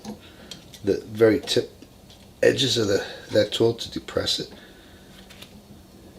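A metal retaining clip is being handled at the groove of a U-joint bearing cup, with the tip edges of a tool used to depress it while someone talks. A few faint ticks of handling are heard near 0.1, 0.5 and 5.4 seconds. Nothing has seated or clicked yet.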